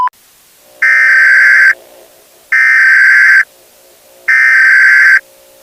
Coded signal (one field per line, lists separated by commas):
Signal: Emergency Alert System (SAME) tones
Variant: header bursts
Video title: EAS Scenario - The Unknown REMASTERED